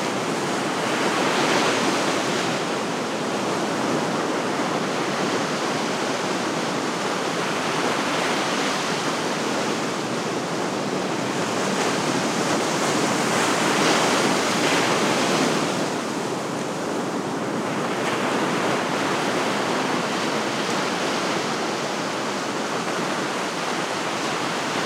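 Ocean waves wash onto a sandy beach at night in a dense, steady roar that never drops out. The sound swells gently around two, eleven to fifteen, and again near seventeen seconds, as surges of surf rush in, with a soft hiss over a deep rumble.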